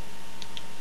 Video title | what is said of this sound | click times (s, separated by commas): lazerbeak review | they should just snap into place. There we go. | 0.4 s, 0.6 s